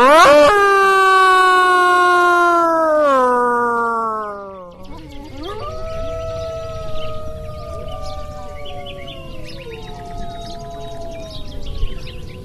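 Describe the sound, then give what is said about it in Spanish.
A single long, rich howl holds steady and then slides downward, followed by several wolves joining in with overlapping wavering howls at different pitches, forming a sustained chorus. “Y a veces es un concierto increíble, porque cuando todos aullan juntos, parece 80 lobos, porque cada lobo tiene una voz diferente.”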